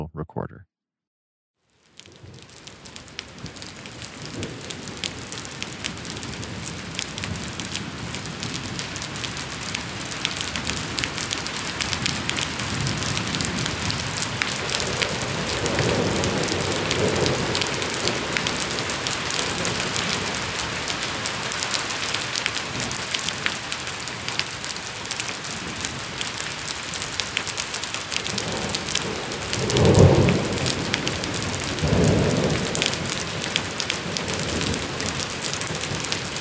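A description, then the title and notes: A thunderstorm in the city of Grand Rapids, Michigan: steady, dense rain hisses and patters after a brief silent gap at the start. Low rumbles swell softly around 15–17 seconds, and a stronger rumble of thunder peaks near 30 seconds. An Evening Thunderstorm in the City. The sounds of a thunderstorm in the city wash away the rest of the evening noise in Grand Rapids, Michigan.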